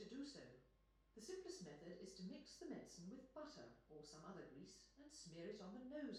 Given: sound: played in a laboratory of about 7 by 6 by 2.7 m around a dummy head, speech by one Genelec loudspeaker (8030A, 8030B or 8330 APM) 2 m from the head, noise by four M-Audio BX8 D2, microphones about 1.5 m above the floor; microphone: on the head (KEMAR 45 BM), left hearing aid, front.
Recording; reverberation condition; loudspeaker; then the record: female speech in English; medium; 60 degrees to the right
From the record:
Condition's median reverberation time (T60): about 510 ms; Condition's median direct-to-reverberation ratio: about -0.5 dB